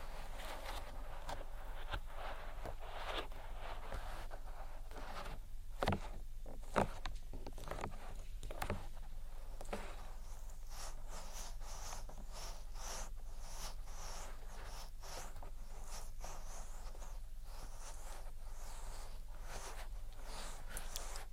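Close-up ear-triggering sounds: continuous rubbing and crinkly friction, with soft taps scattered throughout and a few sharper knocks around six to seven seconds.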